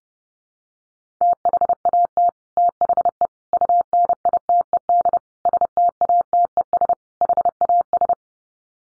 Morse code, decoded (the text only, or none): THAT THE UNITED STATES HAS